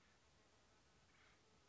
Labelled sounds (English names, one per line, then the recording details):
Acorn Woodpecker
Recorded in Sonoma County, California